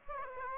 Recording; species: mosquito wingbeat signal from an infrared sensor; Aedes aegypti